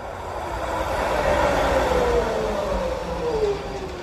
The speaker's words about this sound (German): Ich liebe es einfach, unterwegs zu sein. Unterwegs mit der Straßenbahn.